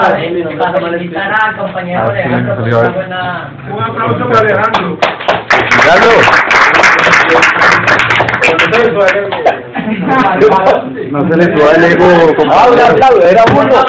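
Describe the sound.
A burst of audience applause, dense rapid clapping that swells for a few seconds in the middle, while people keep talking before, during and after it.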